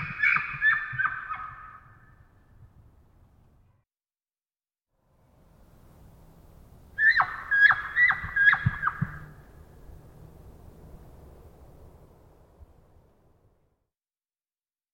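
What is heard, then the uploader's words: A male elk gives two bursts of rapid, bouncing, laugh-like grunts, at the start and around seven seconds, with silence between. Post-roar, male elk have a bouncing, settling vocalization that can only be best described as laughing. Isolated from Double mid-side soundscape original, multiple herds surround campsite in early morning hours, processed with light noise expansion. Recorded in the Beautiful Pacific Northwest in Washington, Untied States.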